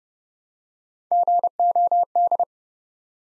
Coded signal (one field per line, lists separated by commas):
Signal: Morse code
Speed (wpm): 29 wpm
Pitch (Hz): 700 Hz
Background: none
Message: GOD